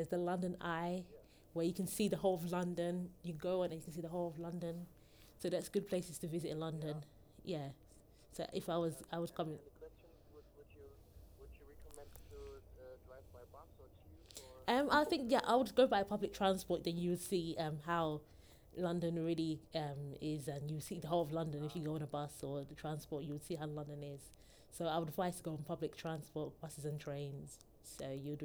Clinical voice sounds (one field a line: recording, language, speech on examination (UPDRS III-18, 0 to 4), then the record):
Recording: conversation on a phone call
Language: English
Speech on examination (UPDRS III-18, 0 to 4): 0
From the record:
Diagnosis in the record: healthy control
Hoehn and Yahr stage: 0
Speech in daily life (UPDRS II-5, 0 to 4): 0